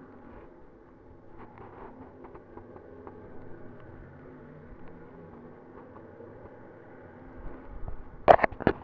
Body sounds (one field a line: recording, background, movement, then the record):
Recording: deep breathing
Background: traffic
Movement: sitting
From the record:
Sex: female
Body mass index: 18.8 kg/m2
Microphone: on the chest, facing the body